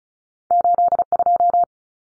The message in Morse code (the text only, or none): 82